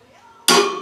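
A click-type torque wrench tightens the large spanner nut on the compressor front bearing of a J44 turbojet engine to 265 ft-lb. After a faint low hum, a loud, sharp metallic click at 0.5 s rings out and slowly fades. The wrench has clicked at its set torque.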